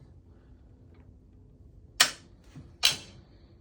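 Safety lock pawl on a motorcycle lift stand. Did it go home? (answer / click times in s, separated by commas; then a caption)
yes / 2.0 s, 2.9 s. The safety lock pawl on a motorcycle lift stand holding a BMW M1000RR Competition is let back into its detent, giving two sharp metallic clicks at 2.0 s and 2.9 s with a faint softer knock between them. The lock seats home both times.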